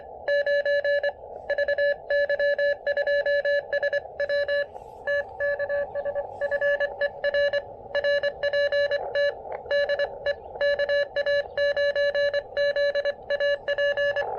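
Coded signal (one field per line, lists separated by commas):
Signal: Morse code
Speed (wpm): 23 wpm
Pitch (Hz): 590 Hz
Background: none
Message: 9 VY2SW TKS FER RPT DE KA9ZAP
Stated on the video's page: Morse heard during an early-morning park activation in changeable weather.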